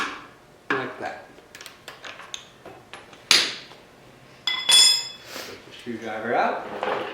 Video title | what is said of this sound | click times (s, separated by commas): CBR 600 F2 Chain cleaning and adjustment | I'm using the torque wrench I'll just go until it clicks like that | 0.7 s